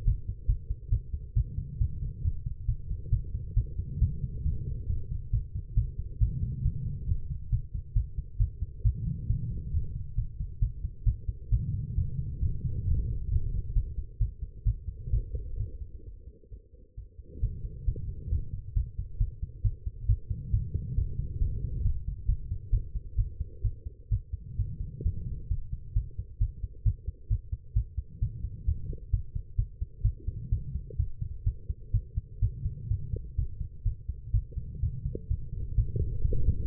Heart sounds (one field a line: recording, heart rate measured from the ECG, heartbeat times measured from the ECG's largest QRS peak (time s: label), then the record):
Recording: heart sounds by stethoscope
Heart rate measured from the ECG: 133 bpm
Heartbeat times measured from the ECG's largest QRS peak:
0.06 s: heartbeat
0.47 s: heartbeat
0.90 s: heartbeat
1.35 s: heartbeat
1.79 s: heartbeat
2.23 s: heartbeat
2.67 s: heartbeat
3.11 s: heartbeat
3.55 s: heartbeat
4.00 s: heartbeat
4.44 s: heartbeat
4.88 s: heartbeat
5.32 s: heartbeat
5.75 s: heartbeat
6.19 s: heartbeat
6.64 s: heartbeat
7.07 s: heartbeat
7.51 s: heartbeat
7.94 s: heartbeat
8.38 s: heartbeat
8.83 s: heartbeat
9.28 s: heartbeat
9.72 s: heartbeat
10.16 s: heartbeat
10.60 s: heartbeat
11.05 s: heartbeat
11.50 s: heartbeat
11.96 s: heartbeat
12.41 s: heartbeat
12.86 s: heartbeat
13.30 s: heartbeat
13.74 s: heartbeat
14.19 s: heartbeat
14.65 s: heartbeat
15.11 s: heartbeat
15.58 s: heartbeat
16.04 s: heartbeat
16.50 s: heartbeat
16.96 s: heartbeat
17.41 s: heartbeat
17.86 s: heartbeat
18.30 s: heartbeat
18.75 s: heartbeat
19.19 s: heartbeat
19.63 s: heartbeat
20.07 s: heartbeat
20.52 s: heartbeat
20.96 s: heartbeat
21.40 s: heartbeat
21.83 s: heartbeat
22.27 s: heartbeat
22.71 s: heartbeat
23.17 s: heartbeat
23.63 s: heartbeat
24.10 s: heartbeat
24.57 s: heartbeat
25.04 s: heartbeat
25.49 s: heartbeat
25.94 s: heartbeat
26.39 s: heartbeat
26.84 s: heartbeat
27.29 s: heartbeat
27.74 s: heartbeat
28.20 s: heartbeat
28.66 s: heartbeat
29.12 s: heartbeat
29.57 s: heartbeat
30.03 s: heartbeat
30.50 s: heartbeat
30.98 s: heartbeat
31.45 s: heartbeat
31.92 s: heartbeat
32.41 s: heartbeat
32.89 s: heartbeat
33.37 s: heartbeat
33.84 s: heartbeat
34.32 s: heartbeat
34.81 s: heartbeat
35.29 s: heartbeat
35.76 s: heartbeat
36.23 s: heartbeat
From the record:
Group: healthy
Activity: rest 0-33 s, light exercise 33-37 s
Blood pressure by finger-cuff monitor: 113/78 mmHg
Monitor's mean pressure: 91 mmHg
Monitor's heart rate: 133 bpm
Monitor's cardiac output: 10.9 L/min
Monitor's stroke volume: 81 mL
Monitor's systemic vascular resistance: 590 dyn s/cm5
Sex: female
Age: 19 years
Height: 163 cm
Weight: 51 kg